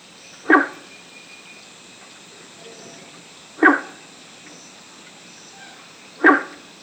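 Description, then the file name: Guenther's frog calls: three short, harsh notes spaced roughly three seconds apart, over steady background hiss. "Rana guentheri"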